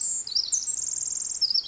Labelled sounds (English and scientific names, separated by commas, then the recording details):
Pacific Wren (Troglodytes pacificus)
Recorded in Sonoma County, California